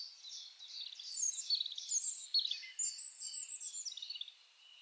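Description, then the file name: European robin song, a rich high warble of quick varied notes, trills and slurred whistles lasting about four seconds. "Erithacus rubecula"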